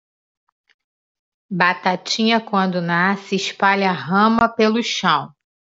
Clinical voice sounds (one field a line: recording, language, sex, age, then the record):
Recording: short text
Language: Brazilian Portuguese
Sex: female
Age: 50 to 59 years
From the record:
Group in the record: control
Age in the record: 58 years